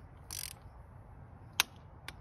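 A 3/8 inch click-type torque wrench, working through an extension and swivel joint, tightens a motorcycle spark plug into an engine cylinder head. A short burst of ratcheting comes around 0.3–0.5 s, then one sharp, loud click at 1.6 s as the wrench breaks over at the set torque, followed by a fainter tick near 2.1 s. The plug is confirmed tightened to the setting.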